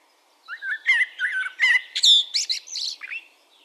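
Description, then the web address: Eurasian blackbird song: a fluted warble, then a run of high squeaky twitters, one phrase lasting about three seconds. "SETE data Turdus merula"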